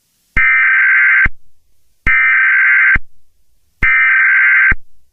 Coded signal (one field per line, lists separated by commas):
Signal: Emergency Alert System (SAME) tones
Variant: header bursts